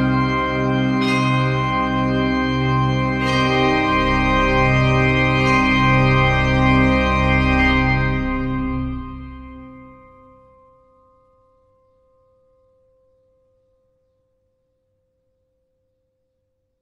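Warm instrumental music with sustained low chords and bright struck accents about every two seconds fades out near ten seconds, leaving one thin lingering tone.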